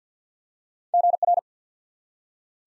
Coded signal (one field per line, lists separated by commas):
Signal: Morse code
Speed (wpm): 50 wpm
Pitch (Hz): 700 Hz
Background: none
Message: GR